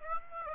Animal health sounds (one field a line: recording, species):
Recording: mosquito wingbeat signal from an infrared sensor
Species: Aedes aegypti